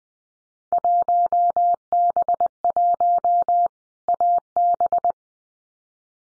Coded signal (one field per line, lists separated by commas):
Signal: Morse code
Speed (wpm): 20 wpm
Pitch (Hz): 700 Hz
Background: none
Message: 1B1 AB